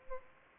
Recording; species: mosquito wingbeat signal from an infrared sensor; Aedes albopictus